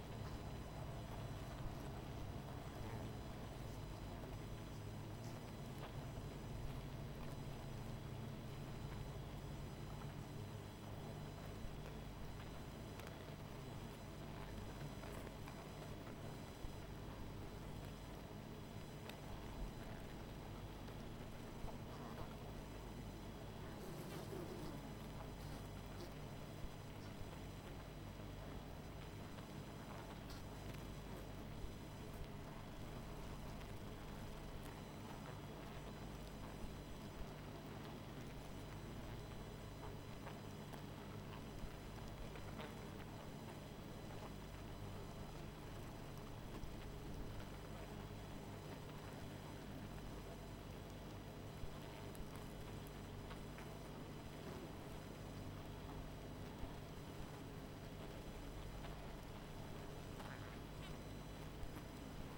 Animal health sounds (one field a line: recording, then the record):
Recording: honeybee colony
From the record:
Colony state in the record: missing queen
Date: 14 July 2017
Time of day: 20:16